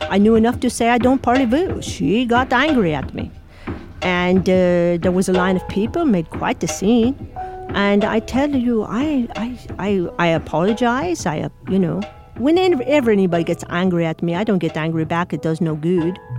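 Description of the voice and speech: An adult woman speaks fluently but with an odd, foreign-sounding accent, with creaky voicing and a repeated 'I, I, I', consistent with foreign accent syndrome. It began within 48 hours after a severe migraine with facial numbness and sudden back-of-head pain, six years earlier; her speech was first called slurred. She has trouble pronouncing 'th', and listeners take her for French. The cause is unexplained.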